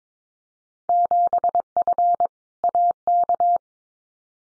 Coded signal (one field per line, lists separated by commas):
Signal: Morse code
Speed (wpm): 22 wpm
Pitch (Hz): 700 Hz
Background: none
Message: 7F AK